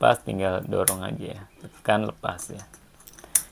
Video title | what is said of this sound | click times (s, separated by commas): Helm R-SIX Everest , Mirip Kyoto Guys.. | kalau ini sudah terkunci ya | 3.4 s